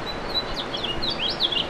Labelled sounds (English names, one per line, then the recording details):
House Finch song
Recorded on Long Island, New York, on 8 May 2012
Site VS
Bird B